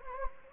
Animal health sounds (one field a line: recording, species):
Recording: mosquito wingbeat signal from an infrared sensor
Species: Anopheles gambiae